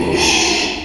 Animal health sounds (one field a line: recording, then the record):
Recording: squeal of a Yucatan mini pig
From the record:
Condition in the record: after surgery on the right vocal fold (resection and tissue-engineered implant)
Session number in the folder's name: 2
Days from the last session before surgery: 13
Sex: male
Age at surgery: 12 weeks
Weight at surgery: 13 kg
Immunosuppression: cyclosporine, prednisolone